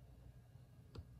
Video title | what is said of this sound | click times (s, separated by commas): Parts and Functions of a Microscope | make sure it's clicked into place | 1.0 s